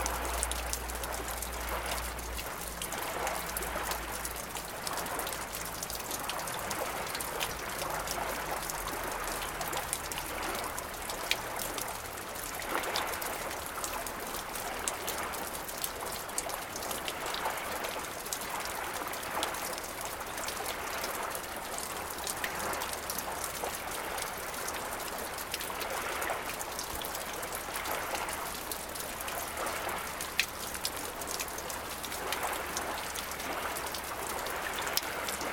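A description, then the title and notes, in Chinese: Rain patters steadily on an old boat and a stony shore, a dense, even spread of small ticks and splashes with no pauses. A low hum runs underneath throughout, shifting slightly in pitch around ten seconds, while faint water movement murmurs in the background. 江河涌涌·雨滩旧船。拂晓，波浪，雨水落在船体、石滩、草地上的声景。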